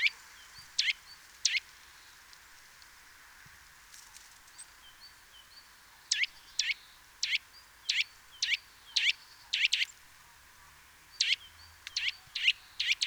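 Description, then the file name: Eurasian nuthatch calls, sharp notes given in pairs and short series with quiet gaps, against a faint background hiss. "Sitta europaea"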